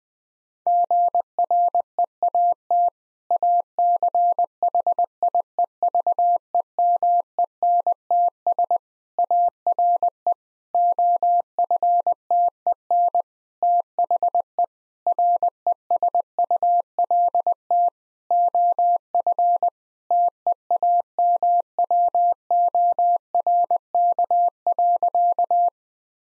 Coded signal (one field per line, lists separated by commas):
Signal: Morse code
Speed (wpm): 20 wpm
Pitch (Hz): 700 Hz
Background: none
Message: GREAT ACHIEVEMENTS ARE OFTEN THE RESULT OF TEAMWORK.